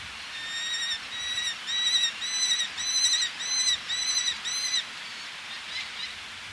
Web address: eleonoras falcon